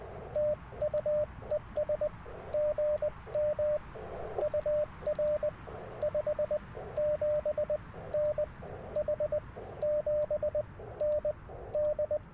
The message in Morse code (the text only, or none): TU ES GM UR 57N H 7N D